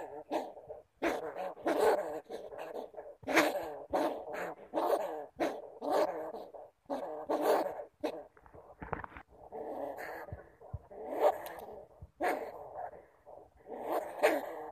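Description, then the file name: Bamboo rat giving harsh, grating calls in irregular bursts, some short and some drawn out, with brief pauses between them. "Tieng dui keu"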